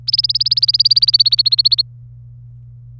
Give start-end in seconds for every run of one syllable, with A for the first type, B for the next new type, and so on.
0.07-1.82 A